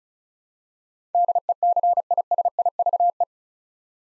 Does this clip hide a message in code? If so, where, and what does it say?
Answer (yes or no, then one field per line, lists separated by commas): yes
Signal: Morse code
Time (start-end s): 1.1-3.2 s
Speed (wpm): 34 wpm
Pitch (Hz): 700 Hz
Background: none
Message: DECISIVE